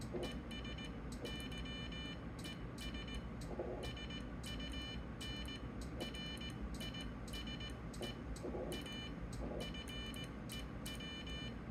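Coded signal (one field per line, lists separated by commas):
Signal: Morse code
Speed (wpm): 18 wpm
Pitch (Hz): 3000 Hz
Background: none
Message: ES YES SUN RISE A FEW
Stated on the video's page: CW contact on a Flex 1500, keyed with a WinKeyer.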